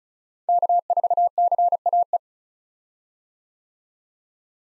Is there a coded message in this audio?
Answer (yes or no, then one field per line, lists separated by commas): yes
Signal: Morse code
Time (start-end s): 0.5-2.2 s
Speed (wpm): 36 wpm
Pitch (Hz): 700 Hz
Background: none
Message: K4CAE